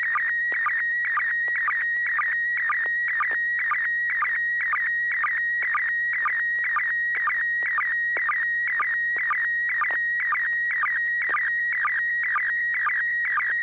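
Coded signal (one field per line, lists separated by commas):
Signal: SSTV (slow-scan television)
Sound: warbling whistle hovering around one pitch, with regular short low chirps twice a second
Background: low hum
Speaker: okay thank you for that uh picture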